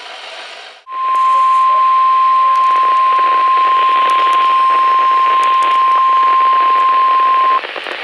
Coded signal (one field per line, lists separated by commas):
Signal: Emergency Alert System (SAME) tones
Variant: 1050 Hz attention tone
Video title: EAS alerts from 8/14/25 - 8/25/25 (EAS #61-70)